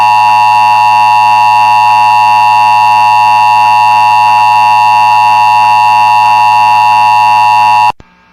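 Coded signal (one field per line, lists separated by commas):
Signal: Emergency Alert System (SAME) tones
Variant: 853 and 960 Hz attention tone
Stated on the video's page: EAS Amber Alert.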